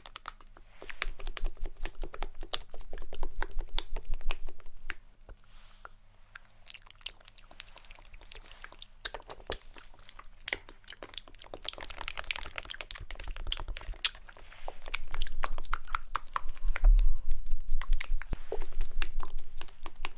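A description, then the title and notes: ASMR triggers: dense, crisp tapping and crackling sounds in quick irregular bursts, like fingernails and crinkly material being handled. A quieter stretch with sparse clicks falls around five to nine seconds, then fuller scratchy passages return, over a faint steady low hum. ASMR Assortment Of Relaxing RED Triggers.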